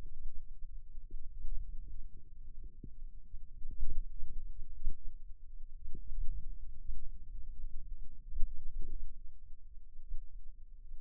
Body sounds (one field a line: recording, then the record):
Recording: forearm muscle sounds (acoustic myography)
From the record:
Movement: hand opening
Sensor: system 2, bracelet of six BSWA MPA416 microphones around the upper forearm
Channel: 1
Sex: female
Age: 22 years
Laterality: right